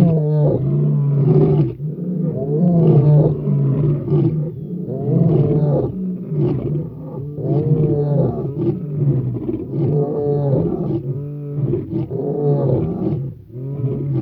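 Lion groaning steadily throughout, deep and grating, in repeated pulses with barely any silence.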